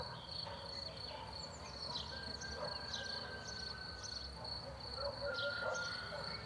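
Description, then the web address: Birds chirping and twittering, brief repeated notes over constant high-pitched insect buzzing and low background hum. Morning chorus in a rural countryside zone; four-channel format. "Borys Peter - Rural zone countryside bird morning chorus"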